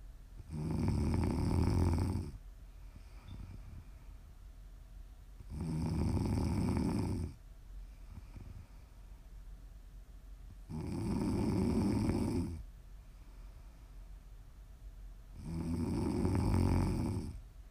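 Four loud, low, rumbling snores from an adult about five seconds apart, roughly 12 per minute, each lasting close to two seconds with a buzzing, vibrating tone and quiet breathing between them. Steady, regular ASMR snoring meant for listening to sleep, relax or wind down.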